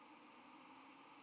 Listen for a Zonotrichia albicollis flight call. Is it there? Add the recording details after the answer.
no. Another species' flight call is heard. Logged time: 07:41 on 31 October 2014